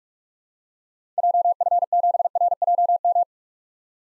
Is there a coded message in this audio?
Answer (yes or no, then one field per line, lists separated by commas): yes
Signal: Morse code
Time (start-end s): 1.2-3.2 s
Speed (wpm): 47 wpm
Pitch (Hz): 700 Hz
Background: none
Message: JF7RJM